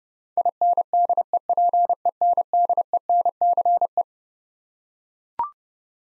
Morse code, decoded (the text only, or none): INDEPENDENCE